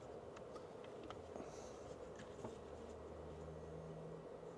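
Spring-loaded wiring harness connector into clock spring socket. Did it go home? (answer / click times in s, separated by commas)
no / none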